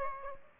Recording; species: mosquito wingbeat signal from an infrared sensor; Aedes aegypti